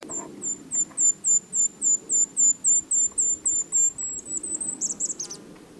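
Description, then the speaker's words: Golden-crowned Kinglet song: a long series of very high, thin, evenly spaced notes, several a second, ending in a brief tumbling chatter. Song ending in a warble, heard mostly in the breeding season; the male uses it to hold territory, and both sexes use it to coordinate changing over incubation or nestling-feeding duties. "The golden crown just mostly gives a song ending in a warble, which you can hear."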